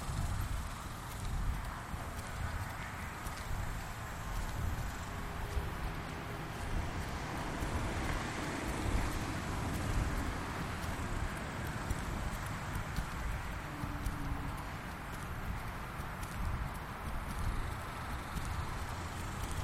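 On a lunchtime neighborhood walk, a steady, dense low rumble runs throughout, with quick clopping footfalls and brief faint hums near fourteen seconds.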